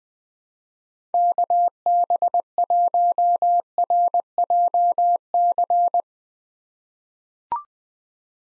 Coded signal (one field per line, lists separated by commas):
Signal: Morse code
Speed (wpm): 20 wpm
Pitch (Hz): 700 Hz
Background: none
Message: KB1RJC